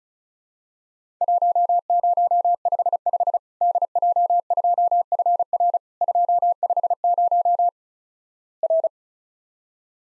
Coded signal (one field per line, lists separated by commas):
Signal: Morse code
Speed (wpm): 35 wpm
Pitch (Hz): 700 Hz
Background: none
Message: 1055 DJ2FR 250 R